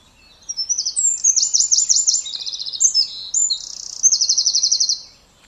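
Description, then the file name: Eurasian wren song: a vigorous burst of high trills, chattering notes and a final steady rattle, about four and a half seconds long. "Troglodytes troglodytes"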